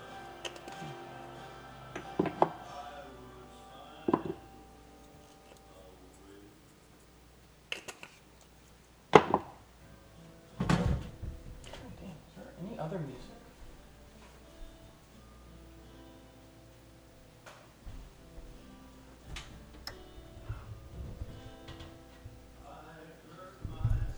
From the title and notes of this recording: Cooking a Frozen Pizza. Cooks a frozen pizza (amongst other background activity).